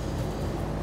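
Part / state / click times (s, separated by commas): lock ring onto fuel tank pump opening / not seated / none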